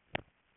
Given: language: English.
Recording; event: throat vibration sensor signal played as sound; swallow